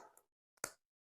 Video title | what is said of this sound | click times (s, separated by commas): Le Titanic - deuxième jour | j'aime bien entendre les clics c'est que c'est bien foncé | 0.6 s